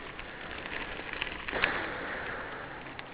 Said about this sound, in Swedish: Jag kan höra lite fågelkvitter svagt genom mina öron faktiskt.